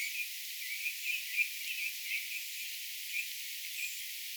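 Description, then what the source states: Redwings calling as a flock: scattered short chattering notes in irregular bursts, with occasional faint thin high seeps against background hiss. Flock of redwings vocalizing, recorded 29 October 2025.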